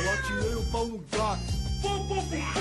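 A cat meows loudly in long, drawn-out cries with wavering, sliding pitch, broken by one brief pause midway, then continuing in a steady whining run.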